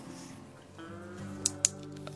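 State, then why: Seated. The second rest support bracket of a Force Table Stick shooting stick is pushed onto its aluminium leg over steady background music. A sharp snap at 1.5 s is followed by a louder click at 1.7 s as the bracket locks in place, and the support is seated.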